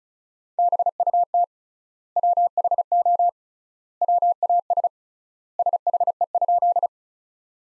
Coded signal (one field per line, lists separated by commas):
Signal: Morse code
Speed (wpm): 36 wpm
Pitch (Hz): 700 Hz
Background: none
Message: BUT WHO WAS SHE?